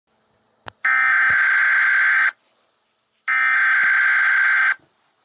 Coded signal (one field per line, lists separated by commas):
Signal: Emergency Alert System (SAME) tones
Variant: header bursts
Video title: EAS Scenario The Beatle From My Nightmare